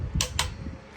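A click-type torque wrench clicks again on a wheel lug nut of a 2022 Toyota Tundra SR5 4WD during a rear brake replacement, with a sharp click at 0.2 s and a second bright snap around 0.4 s over a low rumbling background. The click confirms the lug nut is at torque.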